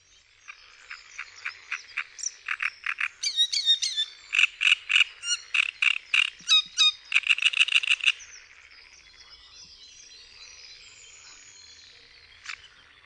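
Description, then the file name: Great reed warbler song: loud, harsh croaking and grating notes repeated in quick series for about eight seconds, then stopping. "TRZCINIAK"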